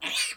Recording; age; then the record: pig call; piglet (1 to 25 days)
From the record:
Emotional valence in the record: negative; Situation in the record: castration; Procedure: castration, fixation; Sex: male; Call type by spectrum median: high-frequency call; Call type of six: mixed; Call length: 0.37 s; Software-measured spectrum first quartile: 2740 Hz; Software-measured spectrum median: 3996 Hz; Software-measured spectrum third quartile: 6460 Hz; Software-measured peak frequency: 2445 Hz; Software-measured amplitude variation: 127 dB a second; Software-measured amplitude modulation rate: 14.9 a second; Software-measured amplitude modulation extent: 8.5 dB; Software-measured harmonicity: 2.2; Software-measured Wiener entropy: -2.10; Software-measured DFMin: 1054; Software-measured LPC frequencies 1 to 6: 965, 2492, 3547, 4594, 5853, 6681 Hz